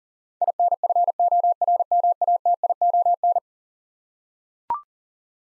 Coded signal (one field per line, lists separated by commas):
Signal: Morse code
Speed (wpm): 40 wpm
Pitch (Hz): 700 Hz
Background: none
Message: INFORMATION